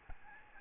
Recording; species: mosquito wingbeat signal from an infrared sensor; Aedes albopictus